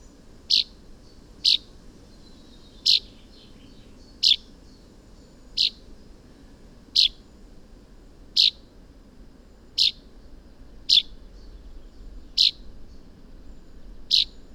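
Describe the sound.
Common chaffinch giving short, sharp high call notes, repeated roughly every one to one and a half seconds, eleven in all, over a faint low background rumble.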